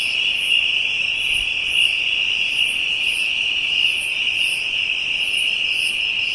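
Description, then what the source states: Insects droning: an unbroken high-pitched trill under rhythmic, very high pulsing hisses. Ambient insect chorus from Africa.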